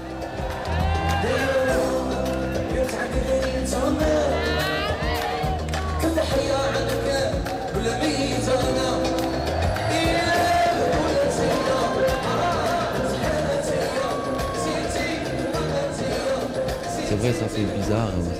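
A loud concert crowd in Oran cheers and shouts as the singer rushes onto the stage, many voices whooping and yelling over a dense, roaring wash of noise that holds steady for the whole stretch.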